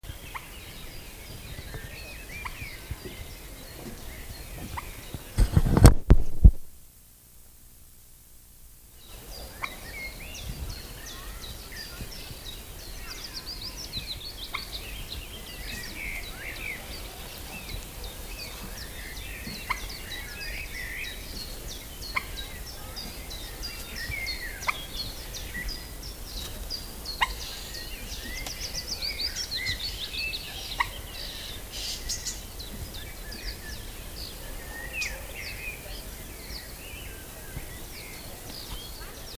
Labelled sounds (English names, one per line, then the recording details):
Common Moorhen call
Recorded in the wild
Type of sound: call
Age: adult
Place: Lübars (Fließtal), Berlin, DE
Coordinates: 52.6167, 13.35
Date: 2000-05-14 19:00
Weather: heiter, ca. 23°C
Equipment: Nagra SN, Kopie Uher 4000 Report Monitor
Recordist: Tembrock, Günter
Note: Kurzlaute